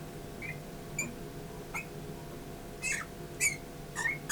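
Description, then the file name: Eurasian bullfinch uttering a few short, soft whistled pipes, a couple slightly hoarse, alongside sharp clicks against a low background hum. "Pyrrhula pyrrhula"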